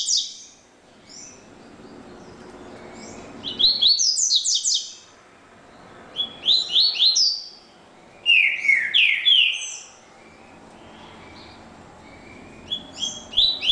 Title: Canto Coleiro